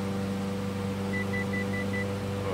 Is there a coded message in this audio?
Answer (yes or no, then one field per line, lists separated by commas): no